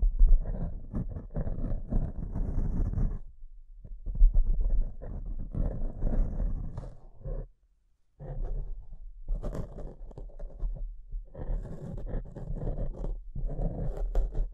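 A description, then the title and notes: Mic scratching fills the clip in rough, crackling bursts, heavy and low with a grainy scraping texture on top. The rubbing comes in long stretches broken by short pauses near 3.5, 7.5 and 11 seconds, with total silence just before 8 seconds. ASMR Brain Melting Mic Scratching (No Talking).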